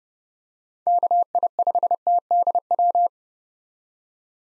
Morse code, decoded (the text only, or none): KI5TDW